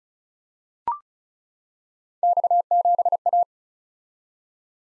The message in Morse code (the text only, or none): X7A